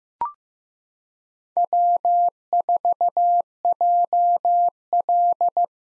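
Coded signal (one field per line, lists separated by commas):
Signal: Morse code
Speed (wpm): 15 wpm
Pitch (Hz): 700 Hz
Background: none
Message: W4JL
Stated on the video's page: Morse code head-copy drill at 15 wpm of common SOTA chaser call signs, each sent, spoken, then sent again.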